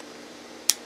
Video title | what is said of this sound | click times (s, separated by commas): Jinhao 95 Fountain Pen Review | Nice little click. | 0.7 s